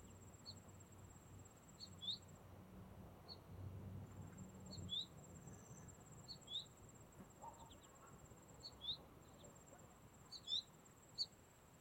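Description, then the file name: Goldfinch giving scattered, thin, high chirps, single or paired, spaced a second or two apart over low background rumble. "Carduelis tristis - American Goldfinch"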